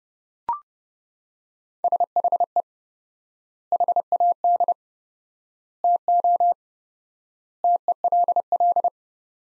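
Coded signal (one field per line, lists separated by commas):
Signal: Morse code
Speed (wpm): 30 wpm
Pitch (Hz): 700 Hz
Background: none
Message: SHE HAD TO TELL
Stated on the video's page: Morse practice of sentences from the top 200 words at 30 WPM with 4x standard word spacing, a Farnsworth-like method.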